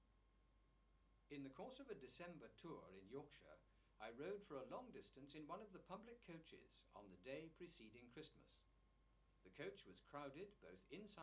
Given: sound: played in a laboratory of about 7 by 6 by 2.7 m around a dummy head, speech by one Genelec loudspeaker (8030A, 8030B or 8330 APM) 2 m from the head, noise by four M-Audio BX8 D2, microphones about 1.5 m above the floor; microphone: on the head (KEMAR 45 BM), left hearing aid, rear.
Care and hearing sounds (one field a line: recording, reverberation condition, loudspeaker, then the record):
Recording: male speech in English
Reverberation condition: low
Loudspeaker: 120 degrees to the left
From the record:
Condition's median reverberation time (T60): about 310 ms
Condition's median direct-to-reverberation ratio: about 3.5 dB